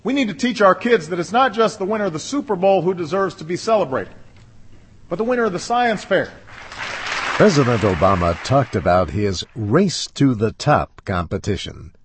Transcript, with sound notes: We need to teach our kids that it's not just the winner of the Super Bowl who deserves to be celebrated, but the winner of the science fair. [Applause] President Obama talked about his Race to the Top competition.